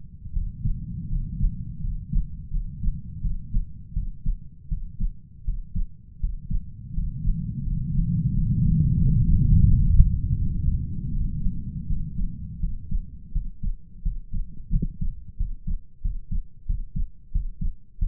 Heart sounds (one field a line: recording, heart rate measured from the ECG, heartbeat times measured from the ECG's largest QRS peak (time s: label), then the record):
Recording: heart sounds by stethoscope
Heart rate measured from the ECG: 85 bpm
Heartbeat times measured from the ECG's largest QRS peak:
0.33 s: heartbeat
1.09 s: heartbeat
1.81 s: heartbeat
2.51 s: heartbeat
3.22 s: heartbeat
3.94 s: heartbeat
4.69 s: heartbeat
5.45 s: heartbeat
6.20 s: heartbeat
6.94 s: heartbeat
7.64 s: heartbeat
8.32 s: heartbeat
8.99 s: heartbeat
9.66 s: heartbeat
10.33 s: heartbeat
11.11 s: heartbeat
11.87 s: heartbeat
12.60 s: heartbeat
13.32 s: heartbeat
14.02 s: heartbeat
14.71 s: heartbeat
15.37 s: heartbeat
16.02 s: heartbeat
16.66 s: heartbeat
17.32 s: heartbeat
17.99 s: heartbeat
From the record:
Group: healthy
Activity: rest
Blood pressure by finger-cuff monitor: 111/73 mmHg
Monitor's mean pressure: 87 mmHg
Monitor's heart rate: 85 bpm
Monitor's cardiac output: 7.2 L/min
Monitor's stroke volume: 85 mL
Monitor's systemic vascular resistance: 880 dyn s/cm5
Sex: male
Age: 33 years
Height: 179 cm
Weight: 80.4 kg